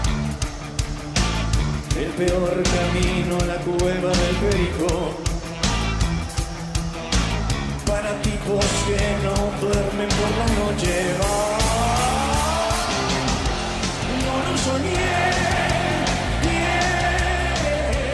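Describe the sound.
A live rock song recorded in Tandil in 2016 plays loud and dense throughout, with a male voice singing over distorted guitars, bass and pounding drums at a steady driving tempo.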